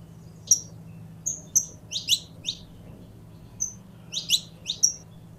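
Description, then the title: Belgian canary song: thin high whistles followed by clusters of quick falling chirps, with a gap midway, faint hum underneath. Purebred Belgian canary. "Canto Do Canário Belga Puro"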